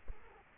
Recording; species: mosquito wingbeat signal from an infrared sensor; Culex quinquefasciatus